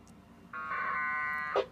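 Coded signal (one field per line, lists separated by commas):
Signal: packet radio (AX.25, as in APRS)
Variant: 1200 baud AFSK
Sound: one second-long raspy warbling data burst, then a short squelch click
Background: radio hiss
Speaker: And that will be really obvious from the audio. And then I'm going to hit return. And you can see the dots get transmitted.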